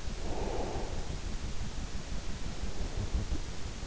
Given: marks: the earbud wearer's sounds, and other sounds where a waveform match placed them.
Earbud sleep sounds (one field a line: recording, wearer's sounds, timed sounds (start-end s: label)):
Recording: sounds in sleep by an in-ear microphone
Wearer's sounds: breath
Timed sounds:
0.03-3.15 s: breath